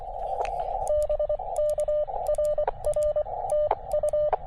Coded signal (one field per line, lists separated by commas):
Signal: Morse code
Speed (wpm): 24 wpm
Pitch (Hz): 600 Hz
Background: radio noise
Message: BK RR TU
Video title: SOTA/POTA at Sugar Hill State Forest